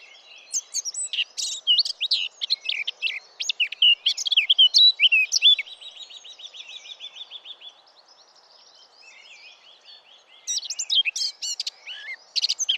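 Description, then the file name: Eurasian blackcap song of quick, rich, varied whistles; a fast rattling trill follows, then a quiet gap before the warbling starts again. "Sylvia atricapilla"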